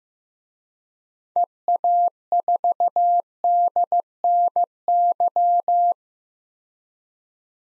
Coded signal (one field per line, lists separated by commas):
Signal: Morse code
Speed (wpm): 16 wpm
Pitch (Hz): 700 Hz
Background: none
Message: EA4DNY